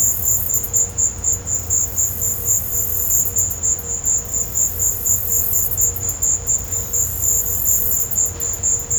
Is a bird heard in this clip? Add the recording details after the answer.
no. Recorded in pastures near Puerto Asís, Putumayo, Colombia, on 20 December 2024 at 15:30. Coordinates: 0.502, -76.324. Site G077